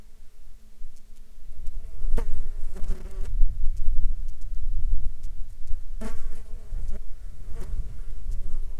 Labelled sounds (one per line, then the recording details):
wind
insects
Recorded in Ivvavik National Park, Yukon, on 12 July 2019 at 14:51
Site SINP03